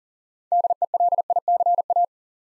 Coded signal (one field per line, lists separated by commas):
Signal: Morse code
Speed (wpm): 37 wpm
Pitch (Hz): 700 Hz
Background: none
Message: DELICA